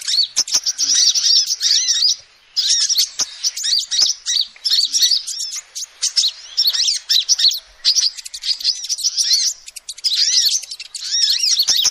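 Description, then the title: Lovebird chatter in bursts, high, piercing chirps and squeaks tumbling quickly, with short silent breaks and a few sharp taps. Calls used as a lure (pikat) to trap birds. "PIKAT BURUNG LOVEBIRD"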